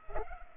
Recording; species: mosquito wingbeat signal from an infrared sensor; Culex pipiens